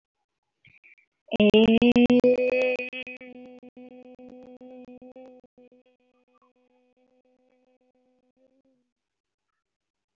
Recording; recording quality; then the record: sustained vowel as in made; excellent, no background noise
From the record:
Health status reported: healthy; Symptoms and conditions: none ticked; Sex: female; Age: 31 years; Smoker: not ticked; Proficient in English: yes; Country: India